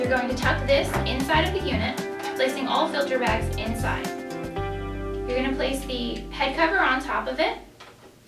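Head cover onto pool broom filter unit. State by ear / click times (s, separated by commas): not seated / none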